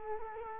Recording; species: mosquito wingbeat signal from an infrared sensor; Culex quinquefasciatus